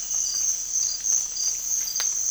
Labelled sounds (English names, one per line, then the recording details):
none
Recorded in dense forest near Puerto Asís, Putumayo, Colombia, on 20 December 2024 at 04:30
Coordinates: 0.481, -76.323
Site G100